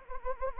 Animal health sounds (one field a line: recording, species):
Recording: mosquito wingbeat signal from an infrared sensor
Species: Anopheles arabiensis